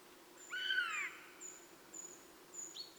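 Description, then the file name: Eurasian jay with one arched, nasal mewing call, followed by faint thin high whistles from another bird. "Garrulus glandarius"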